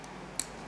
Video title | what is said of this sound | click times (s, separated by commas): 1/60 PG Unicorn Banshee Norn - Part 3 - Gunpla TV Special | cuz you have to make sure it's things kind of snap in place properly | 0.4 s